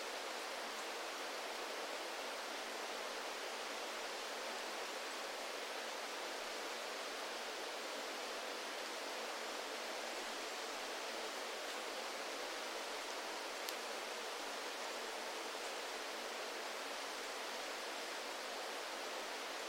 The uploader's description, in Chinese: 听远钟声，听风息声，听林涛声，听落叶声